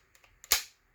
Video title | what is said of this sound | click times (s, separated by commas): Kabar Dog’s Head Utility knife project video 2 | really nice click in | 0.5 s